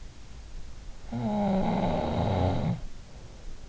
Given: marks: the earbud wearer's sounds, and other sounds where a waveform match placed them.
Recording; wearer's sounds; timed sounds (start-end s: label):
sounds in sleep by an in-ear microphone; snoring breath
0.52-3.44 s: snoring breath